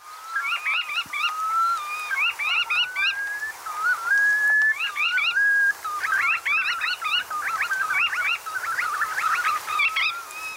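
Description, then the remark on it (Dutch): A flock of red knots calling continuously, with rapid, chattering bursts of high, squeaky notes over a steady, rising whistled tone, busy and fairly loud with no pauses. “Het is een kanoet.”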